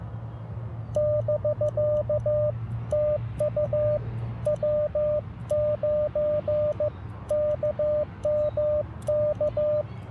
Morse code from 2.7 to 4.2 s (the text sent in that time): TU